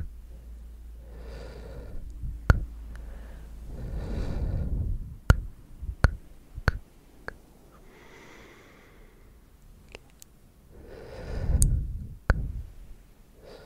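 Mouth sounds for ASMR: sharp tongue clicks pop out one at a time, about every half second to second, the sharpest near 2.5, 5, 6 and 12 seconds. Between them come soft breathy rushes and hissy sk-like sounds, the loudest swells around 4 and 11 seconds.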